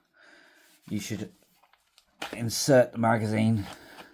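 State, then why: Not seated. A gas magazine is handled at the magazine well of a GHK AUG gas blowback airsoft rifle while someone talks, with faint short handling ticks around 1.7 and 2.0 seconds. The clip ends before the magazine is pushed home, so nothing has seated or clicked yet.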